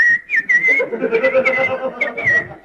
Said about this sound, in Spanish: Había que ver al marido con unos brazos que tenía, que daba miedo, y yo silbando.